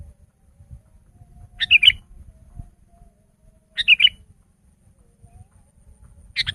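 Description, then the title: Sooty-headed bulbul sings short bubbly phrases roughly every two seconds over soft low rumbling and knocks in the background. "kutilang"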